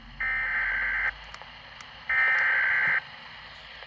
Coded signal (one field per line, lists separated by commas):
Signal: Emergency Alert System (SAME) tones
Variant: header bursts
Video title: (EAS #95) Severe Thunderstorm Watch 6/20/2020